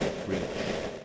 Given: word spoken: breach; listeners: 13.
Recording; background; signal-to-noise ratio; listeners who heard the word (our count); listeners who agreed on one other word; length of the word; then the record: one English word in noise, from a listening test; noise modulated by three-talker babble; -5.2 dB; 2 of 13; 11 of 13; 0.65 s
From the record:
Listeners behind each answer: 11, 2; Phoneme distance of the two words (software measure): 7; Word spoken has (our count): 1 syllable, 4 phonemes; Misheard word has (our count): 1 syllable, 3 phonemes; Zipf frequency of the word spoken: 3.88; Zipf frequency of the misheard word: 4.81